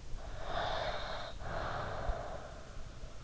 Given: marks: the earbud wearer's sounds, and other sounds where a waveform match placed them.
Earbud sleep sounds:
sounds in sleep by an in-ear microphone; snoring breath
0.11-3.00 s: snoring breath

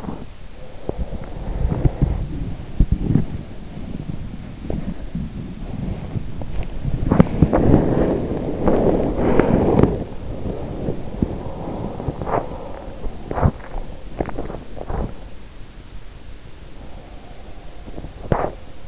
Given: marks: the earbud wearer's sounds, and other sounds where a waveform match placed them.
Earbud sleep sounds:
sounds in sleep by an in-ear microphone; body movement
0.00-18.88 s: body movement

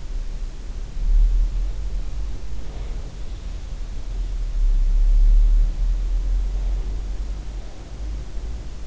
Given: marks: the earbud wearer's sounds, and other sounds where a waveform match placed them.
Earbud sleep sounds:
sounds in sleep by an in-ear microphone; breath
2.62-3.76 s: breath

